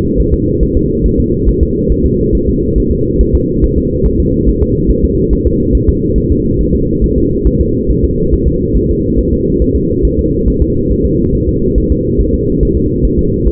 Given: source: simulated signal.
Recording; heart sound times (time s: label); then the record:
fetal heart sounds
0.20 s: S1
0.34 s: S2
0.63 s: S1
0.77 s: S2
1.06 s: S1
1.20 s: S2
1.49 s: S1
1.63 s: S2
1.92 s: S1
2.06 s: S2
2.35 s: S1
2.49 s: S2
2.78 s: S1
2.92 s: S2
3.21 s: S1
3.35 s: S2
3.64 s: S1
3.78 s: S2
4.06 s: S1
4.20 s: S2
4.48 s: S1
4.62 s: S2
4.91 s: S1
5.04 s: S2
5.33 s: S1
5.47 s: S2
5.75 s: S1
5.89 s: S2
6.18 s: S1
6.32 s: S2
6.61 s: S1
6.75 s: S2
7.04 s: S1
7.18 s: S2
7.47 s: S1
7.61 s: S2
7.91 s: S1
8.05 s: S2
8.34 s: S1
8.48 s: S2
8.77 s: S1
8.91 s: S2
9.19 s: S1
9.33 s: S2
9.62 s: S1
9.76 s: S2
10.05 s: S1
10.19 s: S2
10.48 s: S1
10.62 s: S2
10.91 s: S1
11.05 s: S2
11.35 s: S1
11.49 s: S2
11.78 s: S1
11.92 s: S2
12.21 s: S1
12.34 s: S2
12.63 s: S1
12.77 s: S2
13.05 s: S1
13.19 s: S2
13.47 s: S1
From the record:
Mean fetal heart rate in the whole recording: 140 bpm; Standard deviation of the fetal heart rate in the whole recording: 2 bpm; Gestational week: 34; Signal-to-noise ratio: -14.7 dB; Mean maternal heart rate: 72 bpm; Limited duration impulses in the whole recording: present